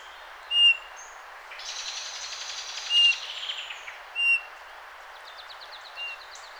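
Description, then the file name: Eurasian bullfinch calls: three or four soft level piping notes at irregular gaps, with a brief burst of other bird chatter and steady background hiss. "Pyrrhula pyrrhula"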